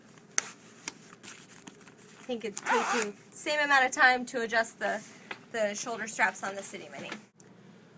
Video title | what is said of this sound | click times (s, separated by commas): Review Britax B-Agile Stroller vs Baby Jogger City Mini | or to the third lowest position and click it in place | 0.4 s